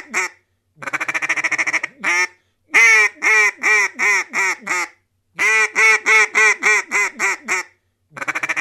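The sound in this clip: Duck giving bursts of harsh nasal quacks, several calls per series, separated by brief silences and alternating with quicker, raspier chattering runs.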